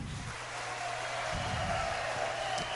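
A conference audience applauds, as asked, for a spouse chosen as the best partner in their city, in a steady, dense wash of clapping that holds at an even level for a few seconds, with some low murmuring underneath.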